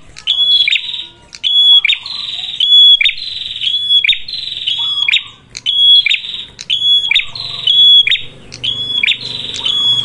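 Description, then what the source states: Prinia calls: loud whistles with rasping buzzy endings, repeated regularly over soft background noise and faint low hum. Red-headed prenjak singing prolifically (gacor); recording used as a lure (pancingan) for catching birds and as a training master.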